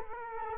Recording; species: mosquito wingbeat signal from an infrared sensor; Culex quinquefasciatus